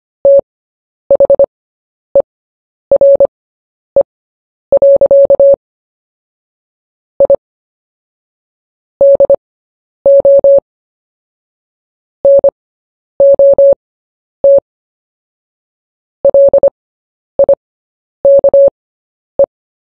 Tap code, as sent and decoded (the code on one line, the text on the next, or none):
none